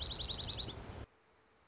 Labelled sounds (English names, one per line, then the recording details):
Dark-eyed Junco
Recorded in Sonoma County, California